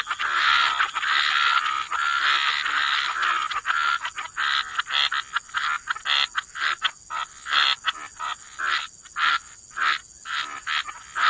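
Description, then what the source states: Frogs calling in a dense run of rasping croaks that turns into separate short bursts, with a continuous hiss underneath. Frog chorus.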